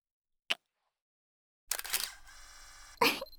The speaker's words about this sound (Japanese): どのタイミングでシャッター切ってるんですか？ただの失敗？それともジュープリみたいにしたかったんですか？